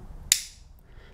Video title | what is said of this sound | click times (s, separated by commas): Trico Force High Performance Beam Blade Wipers Install-Replace On Kia Sorento 2014 | And once you hear it click, look at the two latches there. Make sure that they're nice and snug. Mine are. | 0.3 s